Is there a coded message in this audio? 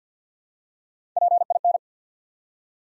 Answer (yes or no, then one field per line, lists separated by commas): yes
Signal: Morse code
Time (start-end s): 1.2-1.8 s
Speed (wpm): 50 wpm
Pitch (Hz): 700 Hz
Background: none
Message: PIN